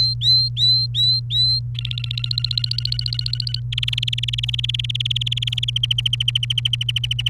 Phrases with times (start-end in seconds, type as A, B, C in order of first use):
0.00-1.59 A, 1.75-3.60 B, 3.72-5.70 C, 5.76-7.29 D